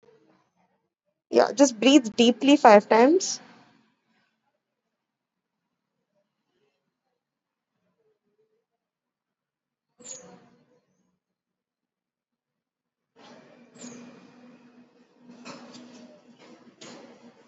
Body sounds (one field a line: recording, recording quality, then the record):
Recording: deep breathing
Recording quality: poor, much background noise or distortion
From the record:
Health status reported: exposed to COVID-19, no respiratory illness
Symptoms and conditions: cough, cold, fever, fatigue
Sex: male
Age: 30 years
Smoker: no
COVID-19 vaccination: both doses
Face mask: worn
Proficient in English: yes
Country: India